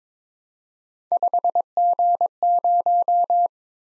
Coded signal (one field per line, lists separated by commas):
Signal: Morse code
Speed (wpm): 26 wpm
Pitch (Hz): 700 Hz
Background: none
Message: 5G0